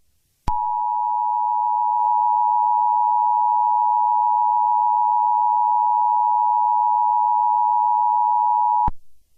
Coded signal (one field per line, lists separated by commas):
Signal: Emergency Alert System (SAME) tones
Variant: 853 and 960 Hz attention tone